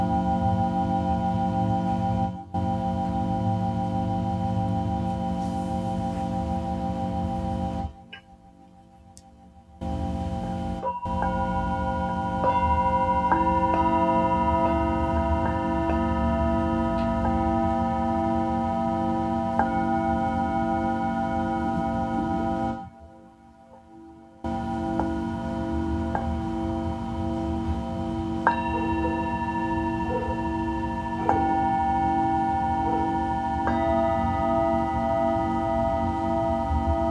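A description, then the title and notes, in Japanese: Tibetan singing bowls ring in long, overlapping sustained tones, with a steady low hum underneath and several brighter pitched layers shimmering above. New strikes add tones every few seconds, and the sound cuts to near silence twice, around eight and twenty-three seconds. 真夜中のシンギングボウルのサウンドヒーリング。チベタンシンギングボウル。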